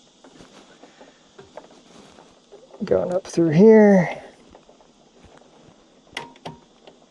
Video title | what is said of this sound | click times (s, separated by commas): Energy Builds: Solis + LG Install – Part 2 (Solis S6 11.4kW + RESU16H) | Oh, that one didn't catch. | none